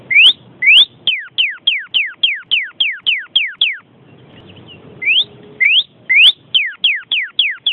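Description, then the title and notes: Bird song: two quick rising whistles, then a rapid run of clear downslurred whistled notes, a short pause, and the same rising notes and descending series again. "Bird Sound. Kicau Burung Lengkap"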